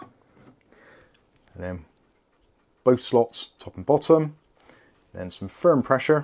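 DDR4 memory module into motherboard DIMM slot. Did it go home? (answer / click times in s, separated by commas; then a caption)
no / none. A DDR4 memory module is slid into the grey DIMM slot on a motherboard and lined up before firm pressure is applied, making a few faint ticks and handling sounds in the first second and a half. Someone then talks. The module has not seated or clicked yet.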